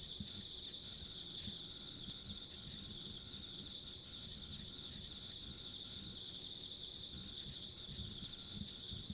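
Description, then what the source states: Continuous insect trilling, high and even, many callers blending into one buzzing wash over a faint low rumble. Ambient insect sounds along a rural country road.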